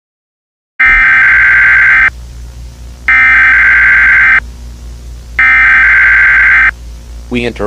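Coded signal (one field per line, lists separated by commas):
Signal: Emergency Alert System (SAME) tones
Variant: header bursts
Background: speech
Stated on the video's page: Fictional EAS scenario with simulated SAME tones; the tones are described as potentially disturbing and not meant for broadcast.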